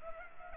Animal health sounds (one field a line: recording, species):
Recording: mosquito wingbeat signal from an infrared sensor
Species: Culex pipiens